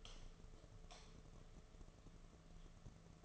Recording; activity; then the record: daily activity, microphone in the room; light off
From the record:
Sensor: 4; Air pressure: 1015.6 hPa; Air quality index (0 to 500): 180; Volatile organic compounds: 8 ppm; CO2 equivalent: 2088 ppm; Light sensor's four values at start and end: 23/56/24/26 and 22/53/22/24